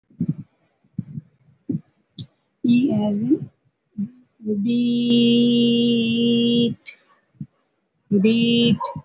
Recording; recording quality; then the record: sustained vowel as in beet; excellent, no background noise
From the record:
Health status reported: healthy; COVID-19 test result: negative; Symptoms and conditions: cough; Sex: female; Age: 44 years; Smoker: not ticked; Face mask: not worn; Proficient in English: yes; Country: India